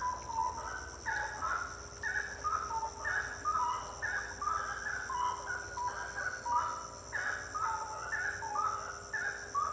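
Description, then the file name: Many birds give overlapping chattering, slurred notes in a busy unbroken chorus, over a constant high-pitched whine in the background. Birds singing at night, intense song. "Passaros cantando a noite canto intenso"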